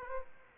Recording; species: mosquito wingbeat signal from an infrared sensor; Aedes aegypti